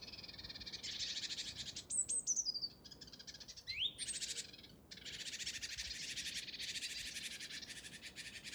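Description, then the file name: Great tit churring calls: long harsh buzzy rattles with a pause in the middle, broken by a few thin, high, slurred notes. "Parus major"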